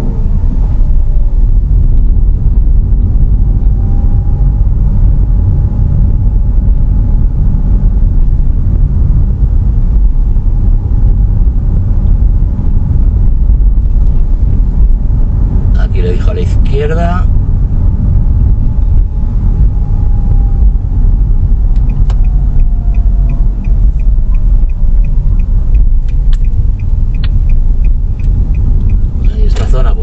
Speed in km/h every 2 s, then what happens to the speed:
19, 24, 28, 28, 28, 27, 28, 29, 29, 28, 25, 22, 18, 14, 17.
0-4 speeds up to 28. 4-19 steady at about 28. 19-26 slows to 14.